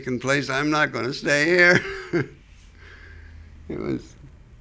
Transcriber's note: laughs